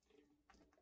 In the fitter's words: That's exactly the noise you want as the two elements are biting together.